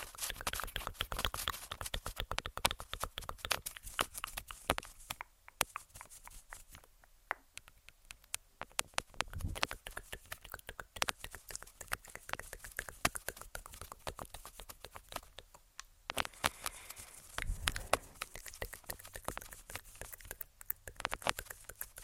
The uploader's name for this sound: Tingly TkTk & Tapping On Tascam (Long Nails)